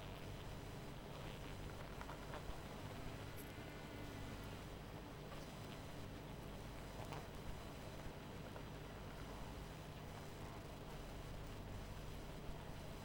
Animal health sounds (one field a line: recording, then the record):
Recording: honeybee colony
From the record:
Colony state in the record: missing queen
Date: 14 July 2017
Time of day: 21:47